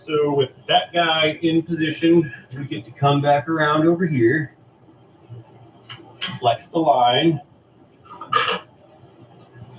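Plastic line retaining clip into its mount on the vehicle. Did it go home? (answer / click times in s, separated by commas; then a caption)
partly / 8.2 s. A plastic line retaining clip is snapped back into its mount on a vehicle after the line is flexed. Someone talks, then a sharp snap is heard at 8.2 s. The clip is not fully seated and is still sticking out.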